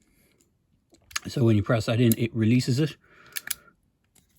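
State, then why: Seated. Someone talks as the plastic mega-gear backpack arm on a Spin Master 2020 4-inch deluxe Nightwing action figure is flipped back until a small tab locks it. Two sharp plastic clicks follow at 3.4 and 3.5 seconds. The arm seats and locks into place.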